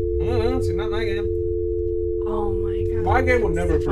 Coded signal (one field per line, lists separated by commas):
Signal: telephone call progress tone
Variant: North America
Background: speech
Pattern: dial tone